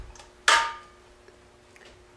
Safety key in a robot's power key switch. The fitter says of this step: and turn it clockwise until it clicks